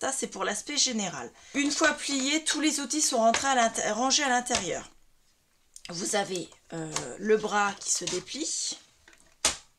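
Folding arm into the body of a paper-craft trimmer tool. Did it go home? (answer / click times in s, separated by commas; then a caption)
yes / 9.4 s. The folding arm of a We R Memory Keepers The Works All in One paper-craft trimmer tool is unfolded from the body, where the tools are stored when folded, and clipped into its open position while someone talks. A sharp click at 9.4 s marks the arm seating firmly so it no longer moves.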